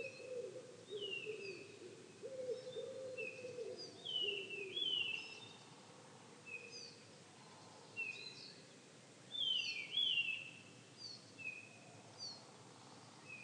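Eurasian bullfinch calls, soft descending whistles repeated at irregular intervals, with a low humming band early on.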